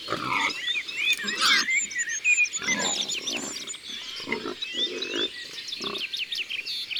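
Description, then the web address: Wild boar giving repeated harsh grunts in uneven bursts, over a busy chorus of chirping songbirds. "Sanglier. abc de la nature"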